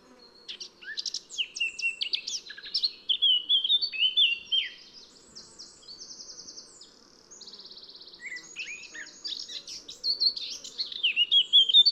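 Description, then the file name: Eurasian blackcap song: a fast, varied warble of scratchy chattering notes and clear fluty whistles, with brief pauses and a louder burst near the end. "Sylvia atricapilla"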